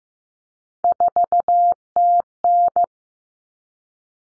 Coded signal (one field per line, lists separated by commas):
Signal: Morse code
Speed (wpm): 15 wpm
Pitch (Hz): 700 Hz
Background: none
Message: 4TN